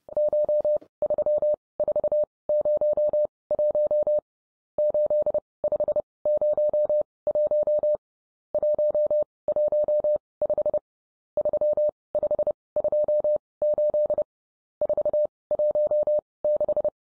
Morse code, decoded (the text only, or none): CH3401 8501 115 3528 416